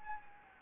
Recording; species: mosquito wingbeat signal from an infrared sensor; Anopheles gambiae